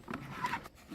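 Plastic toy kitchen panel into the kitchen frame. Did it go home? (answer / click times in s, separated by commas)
no / none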